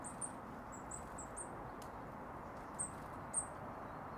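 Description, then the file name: Eurasian blue tit: quick series of high, slurred call notes at the start, then two isolated notes later, over steady low-pitched noise. "Cyanistes caeruleus"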